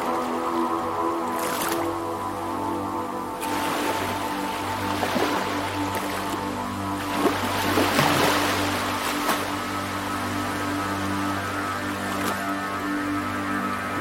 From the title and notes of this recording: Mystery at the Beach: Exploring the Soothing Blend of Beach Sounds and Ambient Music.